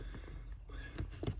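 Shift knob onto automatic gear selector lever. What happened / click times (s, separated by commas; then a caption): The knob is being handled and has not yet locked onto the lever / none. A new shift knob with a new clip is slid onto the automatic gear selector lever of an Infiniti Q40 by hand, with no tools, and pushed down. Low handling rustle is heard with brief taps at about 0.5, 1.0 and 1.3 seconds. The knob has not locked into place yet; nothing has seated or clicked.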